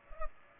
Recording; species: mosquito wingbeat signal from an infrared sensor; Culex pipiens